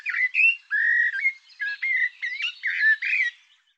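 Bird singing a continuous run of varied whistled notes, some rising, some held steady, broken by short buzzy accents, with no other sounds.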